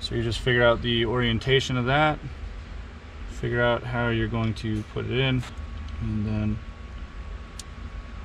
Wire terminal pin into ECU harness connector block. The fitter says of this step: you should hear a click i now have this in there i can now clip this